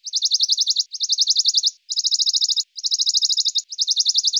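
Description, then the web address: Western Bonelli's warbler giving dry, high, rattling trills of about eight to ten even notes each, five trills in quick succession with short gaps between them. "Phylloscopus bonelli"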